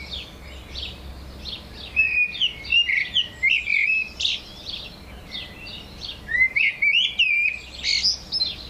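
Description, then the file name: Eurasian blackbird singing low, fluty warbled phrases with scratchy high flourishes, starting after two seconds and repeating in short bursts, with a faint low hum beneath. "Turdus merula"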